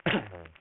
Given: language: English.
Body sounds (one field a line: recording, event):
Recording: throat vibration sensor signal played as sound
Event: cough